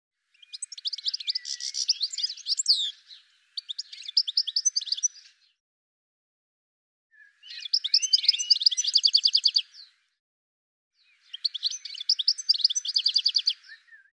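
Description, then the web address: Bird singing four bouts of fast, buzzy, high-pitched chirps and trills, each lasting a few seconds, separated by short pauses. "cianscape birddata Deverinetal 2025 File cleaned normalized Bird"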